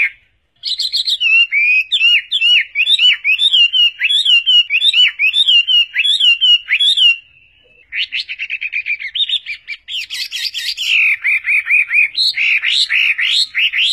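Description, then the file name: Chinese hwamei song: looping whistled phrases repeated steadily, a brief dip, then a fast run of short notes and bright rising whistles. Combination of song phrases (tembakan). "kombinasi tembakan huamei"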